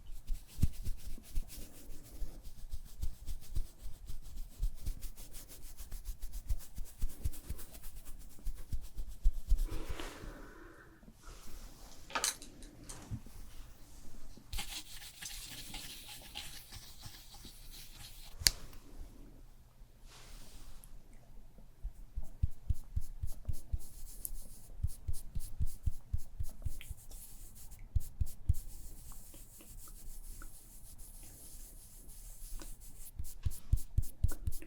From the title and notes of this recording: ASMR Doing Your MINT Makeup (Fast & Aggressive Layered Sounds) NO TALKING.